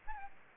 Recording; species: mosquito wingbeat signal from an infrared sensor; Aedes albopictus